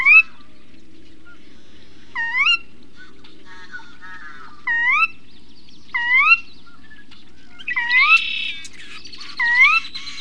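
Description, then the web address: Sora giving a repeated rising whistle, about six notes, with scratchy chatter from other birds between them. Recorded in WA. "timbillo bird songs of WA calls sora"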